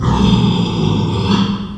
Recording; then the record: squeal of a Yucatan mini pig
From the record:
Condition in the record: after surgery on the right vocal fold (resection and tissue-engineered implant); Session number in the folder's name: 17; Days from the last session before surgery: 195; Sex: female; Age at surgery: 19 weeks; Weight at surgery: 25 kg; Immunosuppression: prednisolone